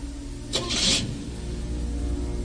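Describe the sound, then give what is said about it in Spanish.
A parked car's engine starts on dark streets in Jalapa with a short, harsh burst of cranking noise, then settles into a steady, low, droning rumble as the car drives off, continuing to the end with no talking. “De la guantera sacó la dirección y de inmediato enfiló hacia allá.”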